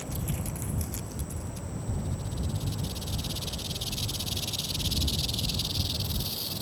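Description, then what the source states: Rattlesnake rattling, a steady high dry buzz that continues without pause over a low rumbling background. Warning signal in the Sonoran Desert meaning the listener is too close, 'watch out, I am here and venomous'; made by shaking the hollow tail rings up to 100 times per second.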